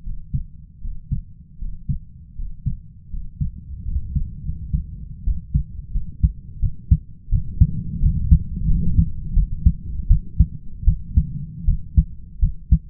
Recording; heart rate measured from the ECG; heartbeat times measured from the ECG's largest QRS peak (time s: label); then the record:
heart sounds by stethoscope; 82 bpm
0.02 s: heartbeat
0.80 s: heartbeat
1.58 s: heartbeat
2.35 s: heartbeat
3.09 s: heartbeat
3.84 s: heartbeat
4.41 s: heartbeat
5.23 s: heartbeat
5.91 s: heartbeat
6.59 s: heartbeat
7.29 s: heartbeat
7.99 s: heartbeat
8.66 s: heartbeat
9.33 s: heartbeat
10.07 s: heartbeat
10.85 s: heartbeat
11.65 s: heartbeat
12.40 s: heartbeat
From the record:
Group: healthy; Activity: breath hold 0-3 s, rest 3-13 s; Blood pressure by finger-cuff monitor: 95/58 mmHg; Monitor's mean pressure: 71 mmHg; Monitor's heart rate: 79 bpm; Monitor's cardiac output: 5 L/min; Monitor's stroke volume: 62 mL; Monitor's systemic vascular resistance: 910 dyn s/cm5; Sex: male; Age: 20 years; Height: 167 cm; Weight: 61 kg